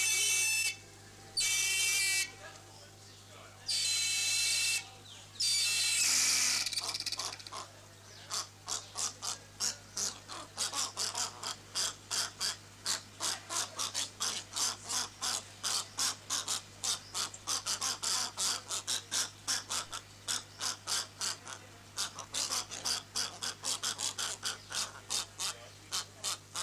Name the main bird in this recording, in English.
Whistling Heron